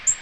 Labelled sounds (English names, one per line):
Black-throated Green Warbler flight call